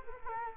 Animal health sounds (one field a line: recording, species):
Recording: mosquito wingbeat signal from an infrared sensor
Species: Culex quinquefasciatus